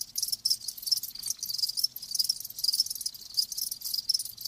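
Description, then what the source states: Crickets giving continuous shrill chirps, a thick high pulsing chorus with little pause throughout. Live crickets chirping; presented as lulling sleep sounds.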